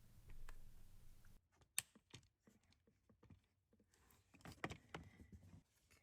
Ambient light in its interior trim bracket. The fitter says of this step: And you'll push them together until you hear it click.